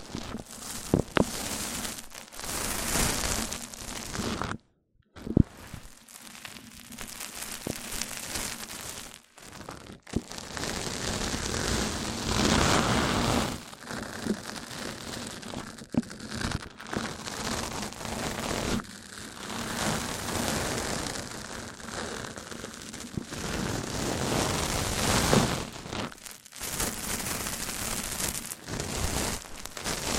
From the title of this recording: MIC ON MIC Triggers